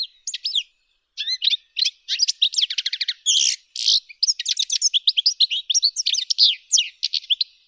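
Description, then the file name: European goldfinch song: a few opening notes and a short pause, then continuous tinkling, twittering song with buzzy notes and fast trills. "Golosa ptic - CSHegol Carduelis carduelis"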